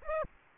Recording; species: mosquito wingbeat signal from an infrared sensor; Aedes aegypti